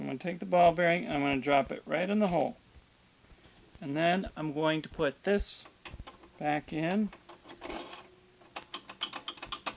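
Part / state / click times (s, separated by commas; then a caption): detent part over ball bearing in record changer mechanism / seated / 8.6 s, 8.7 s, 9.0 s, 9.3 s, 9.5 s, 9.7 s. Someone talks while a ball bearing is dropped into its hole in a record changer mechanism and a metal part is refitted over it. The spring-ball detent then gives a series of sharp clicks at 8.6, 8.7, 9.0, 9.3, 9.5 and 9.7 seconds as the part clicks into place. The part is seated, and the clicks show it went together correctly.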